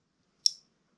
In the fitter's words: got a nice click it's not coming out seals